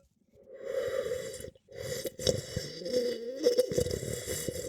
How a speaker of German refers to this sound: Man riecht es auch, man riecht Tannin, man riecht Holz. Der ist offenbar im Barrique ausgebaut. Ja, Barricas steht auch drauf. Mm, aber schon auch fruchtige Noten im Geruch. So, jetzt trinke ich nicht erschrecken, schlürf wieder.